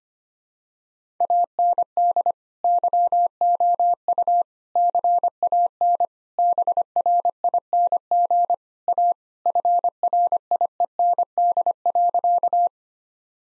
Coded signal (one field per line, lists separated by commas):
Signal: Morse code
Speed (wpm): 25 wpm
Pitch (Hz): 700 Hz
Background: none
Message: AND YOU CAN BRING A FRIEND.